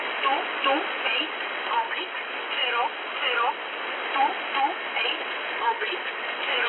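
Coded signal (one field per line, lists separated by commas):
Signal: numbers station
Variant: E11 Oblique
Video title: E11 Oblique, Warsaw, Poland, Numbers Station, 228/00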